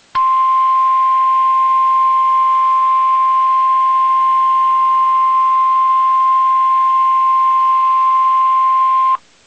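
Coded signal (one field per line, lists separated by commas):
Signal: Emergency Alert System (SAME) tones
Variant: 1050 Hz attention tone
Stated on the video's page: Severe thunderstorm warning from a NOAA Weather Radio station in Columbus, Ohio.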